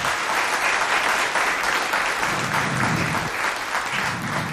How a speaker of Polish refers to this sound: Ogromne brawo jeszcze raz.